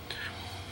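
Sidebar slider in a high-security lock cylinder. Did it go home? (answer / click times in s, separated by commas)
released / 0.1 s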